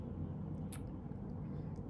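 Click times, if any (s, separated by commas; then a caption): 0.7 s. A drone propeller is pressed onto its motor hub and turned slightly until it twist-locks with a sharp click at 0.7 s, showing it is locked in place. Low rumbling background noise continues throughout.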